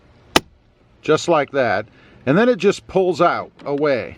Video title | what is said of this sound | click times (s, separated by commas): 2020 Jeep Gladiator Cabin Filter Check & Stink Removal | pull it forward you should hear it snap just like that | 0.4 s